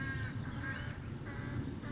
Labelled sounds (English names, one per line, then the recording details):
California Towhee
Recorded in Sonoma County, California